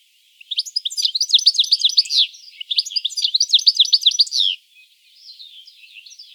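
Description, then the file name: European goldfinch twittering in two rapid bursts of tinkling, liquid notes with a brief pause between them, then softer twitters at the end. "Carduelis carduelis"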